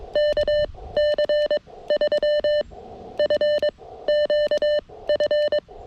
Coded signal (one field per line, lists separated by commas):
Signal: Morse code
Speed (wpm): 22 wpm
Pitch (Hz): 600 Hz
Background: none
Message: K C 3 F Q F